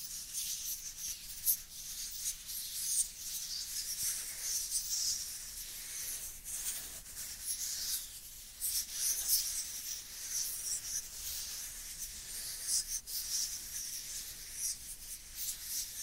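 Dry hands rub together in a continuous, scratchy hiss that runs the whole sixteen seconds without pause. The sound is bright and papery, swelling and easing slightly with each stroke, with a few sharper scuffs around two, nine and thirteen seconds.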